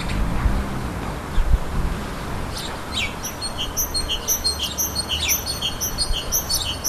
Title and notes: Hummel Und Kohlmeise. Audioaufnahme einer Hummel +dem "Frühlingsruf der Kohlmeise"